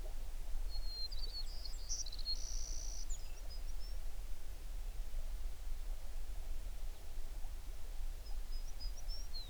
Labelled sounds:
songbird
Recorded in the Prudhoe Bay oil fields, Alaska, on 11 June 2019 at 05:37
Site 21

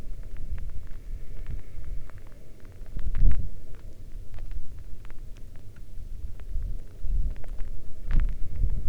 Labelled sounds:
wind
rain
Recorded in the Arctic National Wildlife Refuge, Alaska, on 11 August 2019 at 22:30
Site 40

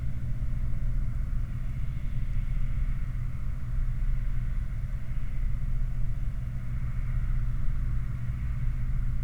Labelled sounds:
machinery
flare stack
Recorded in the Prudhoe Bay oil fields, Alaska, on 7 August 2019 at 04:21
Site 29

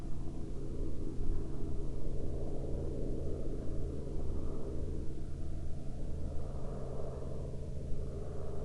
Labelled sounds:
aircraft
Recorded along the Dalton Highway, Alaska, on 20 April 2019 at 13:46
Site 10

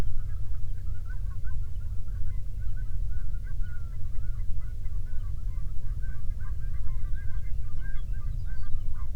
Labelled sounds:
songbird
waterfowl
man-made sound
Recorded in the Prudhoe Bay oil fields, Alaska, on 13 June 2019 at 00:12
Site 24

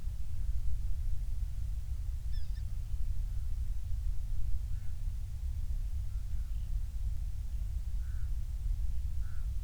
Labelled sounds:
near silence
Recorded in the Prudhoe Bay oil fields, Alaska, on 28 July 2019 at 06:28
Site 25

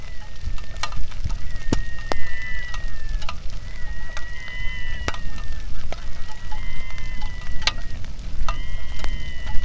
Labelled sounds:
bird
wind
rain
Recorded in the Arctic National Wildlife Refuge, Alaska, on 3 August 2019 at 09:34
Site 46

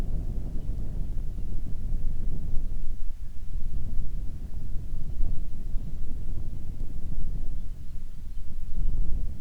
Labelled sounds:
songbird
wind
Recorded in the Arctic National Wildlife Refuge, Alaska, on 1 June 2019 at 16:38
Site 37

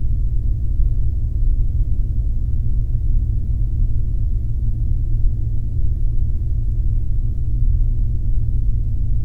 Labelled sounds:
flare stack
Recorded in the Arctic National Wildlife Refuge, Alaska, on 3 September 2019 at 19:31
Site 48

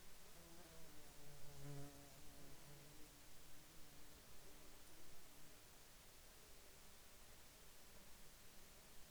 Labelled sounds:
insects
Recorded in Ivvavik National Park, Yukon, on 4 July 2019 at 23:10
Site SINP03

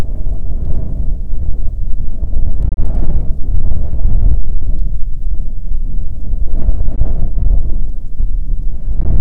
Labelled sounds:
songbird
wind
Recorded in the Prudhoe Bay oil fields, Alaska, on 5 June 2019 at 00:03
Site 13

